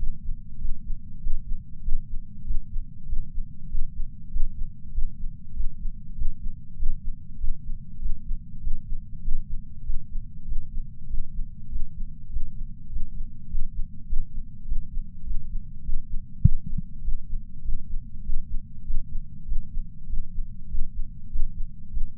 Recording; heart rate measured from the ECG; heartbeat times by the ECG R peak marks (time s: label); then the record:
heart sounds by patch sensor on the chest; 98 bpm
0.58 s: heartbeat
1.20 s: heartbeat
1.81 s: heartbeat
2.44 s: heartbeat
3.06 s: heartbeat
3.68 s: heartbeat
4.29 s: heartbeat
4.91 s: heartbeat
5.53 s: heartbeat
6.14 s: heartbeat
6.76 s: heartbeat
7.37 s: heartbeat
7.99 s: heartbeat
8.60 s: heartbeat
9.21 s: heartbeat
9.83 s: heartbeat
10.45 s: heartbeat
11.07 s: heartbeat
11.68 s: heartbeat
12.29 s: heartbeat
12.89 s: heartbeat
13.48 s: heartbeat
14.06 s: heartbeat
14.65 s: heartbeat
15.23 s: heartbeat
15.82 s: heartbeat
16.41 s: heartbeat
17.01 s: heartbeat
17.61 s: heartbeat
18.22 s: heartbeat
18.83 s: heartbeat
19.45 s: heartbeat
20.06 s: heartbeat
20.67 s: heartbeat
21.29 s: heartbeat
21.90 s: heartbeat
From the record:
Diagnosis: coronary artery disease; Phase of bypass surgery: preoperative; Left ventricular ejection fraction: 69.2%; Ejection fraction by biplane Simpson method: 67.6%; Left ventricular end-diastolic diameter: 44 mm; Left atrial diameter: 34 mm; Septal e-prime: 8.5 cm/s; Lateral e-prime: 9.7 cm/s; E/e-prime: 11.5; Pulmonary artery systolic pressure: 27 mmHg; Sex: male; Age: 74 years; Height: 168 cm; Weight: 55 kg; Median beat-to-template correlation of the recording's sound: 0.94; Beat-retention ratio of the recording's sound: 0.99